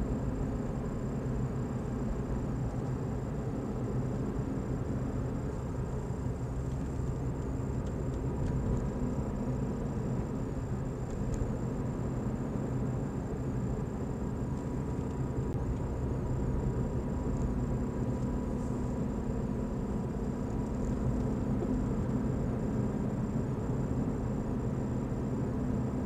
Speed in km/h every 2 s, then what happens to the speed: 43, 40, 39, 40, 40, 41, 40, 38, 39, 40, 41, 40, 40.
0-26 steady at about 40.